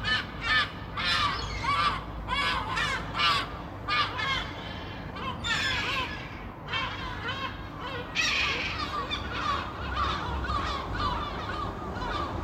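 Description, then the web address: Gulls calling in a busy flock, many overlapping harsh, yelping calls with downward-curving notes, over a steady low background rumble. "hobokenchicken kira. seagulls"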